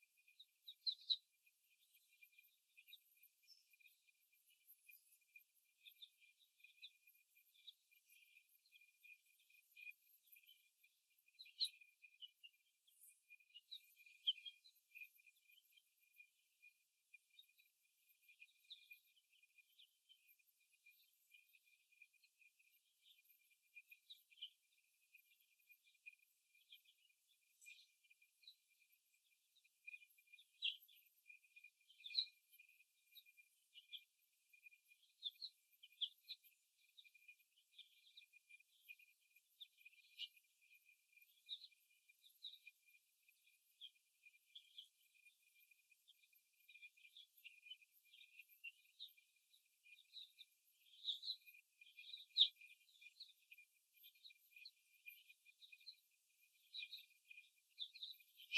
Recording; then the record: young laying hens in a cage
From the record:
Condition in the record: before the stressor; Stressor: simulated dog barking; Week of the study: 1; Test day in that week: 2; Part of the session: 1